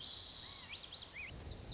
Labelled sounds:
Lazuli Bunting
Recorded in Sonoma County, California

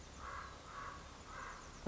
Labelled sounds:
Common Raven
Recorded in Sonoma County, California

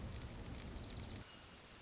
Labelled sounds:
Orange-crowned Warbler
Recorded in Sonoma County, California

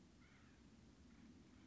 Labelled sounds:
Acorn Woodpecker
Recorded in Sonoma County, California

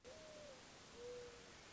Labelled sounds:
Mourning Dove
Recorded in Sonoma County, California

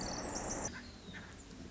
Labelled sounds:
Pacific Wren
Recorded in Sonoma County, California

